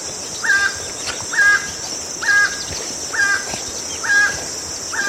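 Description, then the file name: Emerald toucanet calling with rhythmic, rasping notes spaced just under a second apart, a high insect hum running throughout. "Canto do tucaninho verde"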